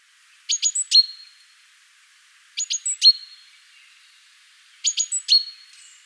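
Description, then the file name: Great tit calls: three rapid high clicks, then a longer pure tonal note, the phrase repeated three times about every two seconds. "Parus major"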